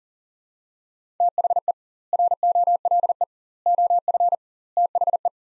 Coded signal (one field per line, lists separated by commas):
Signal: Morse code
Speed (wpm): 40 wpm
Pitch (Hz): 700 Hz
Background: none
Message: THE ROLE OF THE